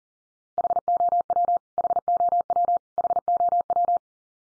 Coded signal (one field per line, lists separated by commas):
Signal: Morse code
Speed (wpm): 40 wpm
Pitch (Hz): 700 Hz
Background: none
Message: HOW HOW HOW